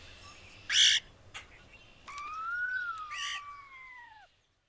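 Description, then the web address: European starling song: a long, slurred whistle that rises slightly and then falls, preceded by a loud harsh burst and a click. "Songs of Birds of North America Know Your Bird Sounds Common Western Species. European Starling"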